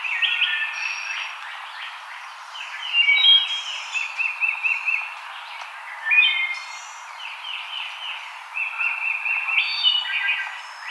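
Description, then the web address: Wood thrush singing flutelike phrases of a few clear notes, each ending in a high trill, a new phrase roughly every three seconds. Recorded 5 May 2007. "Wood Thrush 2007 05 05"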